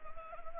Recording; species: mosquito wingbeat signal from an infrared sensor; Anopheles gambiae